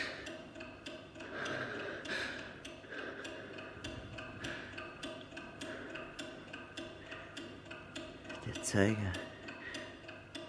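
A clock ticks steadily and crisply at about two beats per second, the sharp clicks standing out over a dull background hum, with a brief louder swell of sound near the end.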